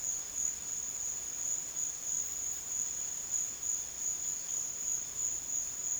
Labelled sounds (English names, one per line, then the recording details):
none
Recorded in secondary vegetation near Puerto Asís, Putumayo, Colombia, on 25 June 2025 at 13:00
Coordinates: 0.485, -76.322
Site GP06